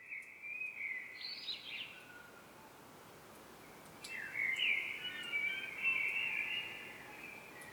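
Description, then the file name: Common blackbird song: a mellow warbled phrase ending in a high squeaky flourish, a short pause, then a longer fluty, slightly scratchy phrase, with faint background noise throughout. "Turdus merula"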